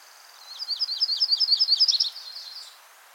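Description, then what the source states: Yellow-rumped Warbler (Myrtle) delivering one high, rapid trill of slurred repeated notes, swelling then fading over about two seconds against faint background hiss. Myrtle form.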